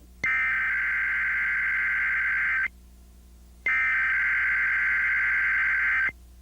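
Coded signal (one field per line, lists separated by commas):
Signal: Emergency Alert System (SAME) tones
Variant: header bursts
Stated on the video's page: Monthly EAS test for the State of Illinois, genuine activation recorded off air.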